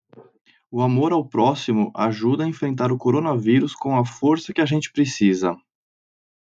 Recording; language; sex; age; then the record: spoken sentence; Brazilian Portuguese; male; 30 to 39 years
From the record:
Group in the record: control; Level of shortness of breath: 0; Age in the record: 32 years